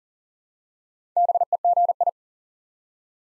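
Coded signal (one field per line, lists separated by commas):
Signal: Morse code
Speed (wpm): 39 wpm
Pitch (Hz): 700 Hz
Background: none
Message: BEGI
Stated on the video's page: Morse practice sending five-letter words one letter at a time at 40 wpm, for instant character recognition training.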